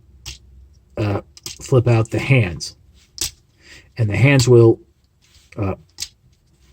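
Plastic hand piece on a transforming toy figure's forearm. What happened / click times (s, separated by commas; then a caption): Plastic parts are handled but nothing is confirmed seated; sharp ticks at 3.2 s and 6.0 s could be mistaken for a snap / none. Someone talks while flipping out the plastic hand pieces on the forearms of a Transformers x Jurassic Park crossover transforming toy robot figure (Tyrannocon Rex / Autobot JP93), pushing them into position during its transformation. Brief, sharp handling ticks sound between the speech. The hands are only being handled, and nothing has snapped or seated into place yet.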